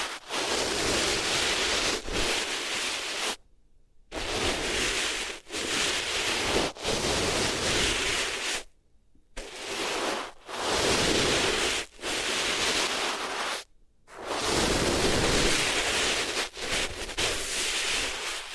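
Ears being rubbed against different materials, giving a dense, hissing rush that fills the whole range from low rumble to bright hiss. The rubbing comes in strokes of one to two seconds, broken by brief silences near 3.5, 9 and 14 seconds.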